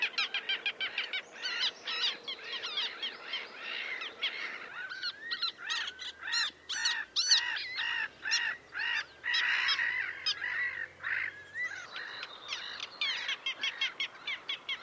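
Bird calls: many harsh, overlapping notes in a near-continuous chorus, some rising and falling in pitch.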